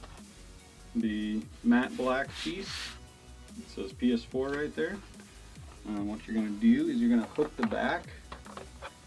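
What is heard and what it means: Someone talks over background music while handling the matte black plastic front cover piece of an original PS4, about to hook its back edge onto the console chassis before pressing it down. A few faint, brief ticks come near 8.3 to 8.6 seconds, but the cover has not yet seated and nothing has clicked into place.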